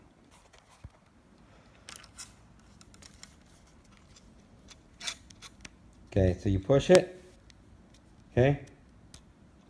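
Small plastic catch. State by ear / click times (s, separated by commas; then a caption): seated / 9.1 s. A part of a Lew's Mach 2 Speed Spool spincast reel combo is pushed all the way back into its locked position while someone talks. After a few light ticks and handling noises, a sharp snap at 9.1 s marks the part seating in place.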